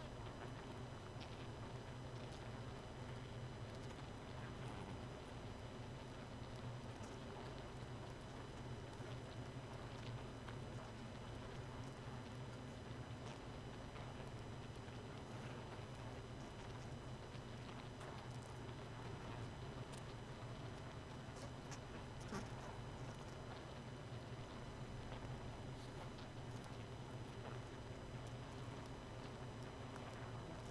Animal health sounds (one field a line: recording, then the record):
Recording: honeybee colony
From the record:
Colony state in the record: missing queen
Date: 31 May 2018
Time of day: 0:53